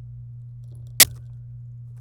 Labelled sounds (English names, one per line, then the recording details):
Domestic Canary song
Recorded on 26 April 2018 at 15:32
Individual llb3